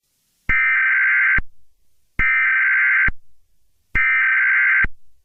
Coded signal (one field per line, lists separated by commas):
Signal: Emergency Alert System (SAME) tones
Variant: header bursts